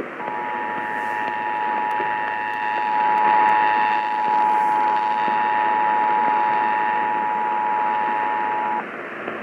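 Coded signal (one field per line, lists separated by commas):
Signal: Emergency Alert System (SAME) tones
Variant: 853 and 960 Hz attention tone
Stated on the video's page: Required monthly test received by long-distance DX reception of AM stations on 1070 and 640 kHz; the 640 AM station failed.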